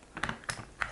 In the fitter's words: Close. And when you close it, you'll also hear a snap like that.